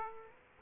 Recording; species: mosquito wingbeat signal from an infrared sensor; Aedes aegypti